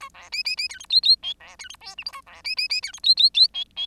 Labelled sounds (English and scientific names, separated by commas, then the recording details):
Bengalese Finch (Lonchura striata domestica) song
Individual Bird10